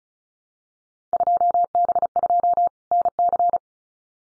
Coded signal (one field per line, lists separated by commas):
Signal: Morse code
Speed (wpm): 34 wpm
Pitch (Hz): 700 Hz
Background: none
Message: 2B2 NC